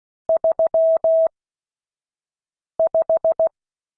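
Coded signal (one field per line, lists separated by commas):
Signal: Morse code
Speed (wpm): 16 wpm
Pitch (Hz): 650 Hz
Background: none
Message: 35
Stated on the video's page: Morse code class.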